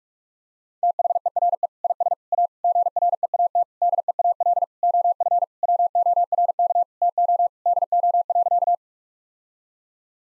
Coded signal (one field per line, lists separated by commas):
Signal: Morse code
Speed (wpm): 46 wpm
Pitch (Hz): 700 Hz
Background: none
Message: THERE IS A GREAT DEAL OF WORK TO DO.